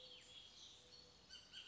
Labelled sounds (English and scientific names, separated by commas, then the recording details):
Bullock's Oriole (Icterus bullockii)
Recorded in Sonoma County, California